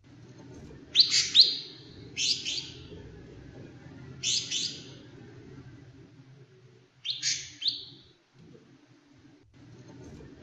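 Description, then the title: Leafbird song of loud, clear, two-part warbled phrases repeated at uneven intervals, against a continuous low-pitched background noise. "CUCAK IJO"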